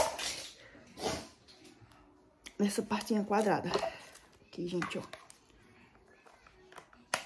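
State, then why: Seated. Someone talks while fitting a plastic kitchen grater into the square slot of its collection container. Faint taps and knocks follow. A sharp hit at 7.1 s marks the grater seating and fitting just right.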